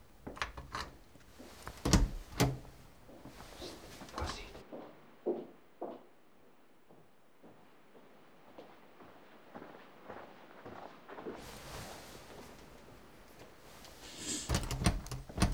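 Irregular clicks, scrapes and rattles of someone working at a locked door, short metallic taps and knocks coming in uneven bursts with brief pauses between, with no talking.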